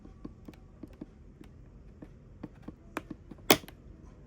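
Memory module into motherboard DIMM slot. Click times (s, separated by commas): 3.0 s, 3.5 s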